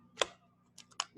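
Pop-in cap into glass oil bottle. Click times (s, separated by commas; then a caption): 0.2 s, 1.0 s. A small plastic pop-in cap is pressed into the neck of a small glass essential-oil bottle and pushed all the way in. Sharp clicks sound at 0.2 s and 1.0 s, with a few fainter ticks between and after, and the cap seats in place.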